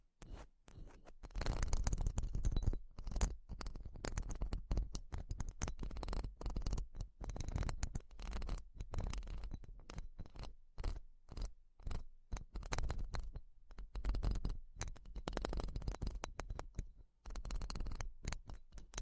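A microphone is grabbed and handled slowly, giving a dense run of rubbing, scraping and tapping noises with deep low thumps. Sharp clicks and ticks come every fraction of a second, loudest from about two seconds on, with brief near-silent gaps around the twelve and seventeen second marks.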